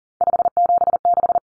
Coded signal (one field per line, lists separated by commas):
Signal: Morse code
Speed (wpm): 40 wpm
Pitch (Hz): 700 Hz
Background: none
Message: 576